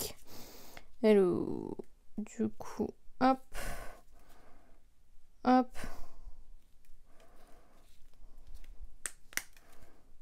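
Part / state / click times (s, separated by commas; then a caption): plastic bath bomb mold half-shell closing onto the other half / seated / 9.1 s, 9.4 s. Someone talks while pressing two filled plastic half-shell bath bomb mold halves together over a glass. Sharp clicks at 9.1 s and 9.4 s mark the mold halves clicking shut, confirming they have closed.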